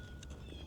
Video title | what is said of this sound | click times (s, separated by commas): Hiboy's Largest Scooter EVER! - Hiboy X300 Scooter Review @HiboyOfficial | there you go and it's locked into place | 0.2 s